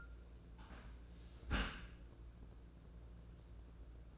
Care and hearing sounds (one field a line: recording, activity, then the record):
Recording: daily activity, microphone in the room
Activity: close dishwasher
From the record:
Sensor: 2